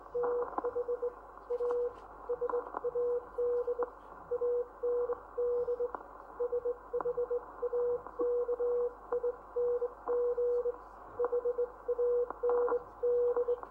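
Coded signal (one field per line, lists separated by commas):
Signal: Morse code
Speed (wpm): 21 wpm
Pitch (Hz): 480 Hz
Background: none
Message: TH A SAD AND SHAKING HAND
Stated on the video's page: Professional coast station operators sending close-down messages on 500 kHz in the United Kingdom, answered by nearby and distant coast stations, including a transatlantic contact.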